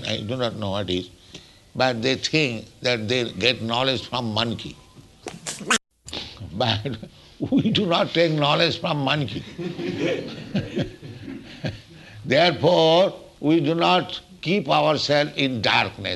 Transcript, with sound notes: I do not know what is, but they think that they'll get knowledge from monkey. [chuckles] But we do not take knowledge from monkey. [laughter] Therefore we do not keep ourself in darkness.